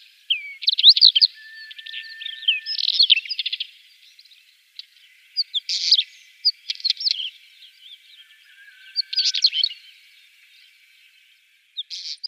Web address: Schulze Peter Isabelline Wheatear song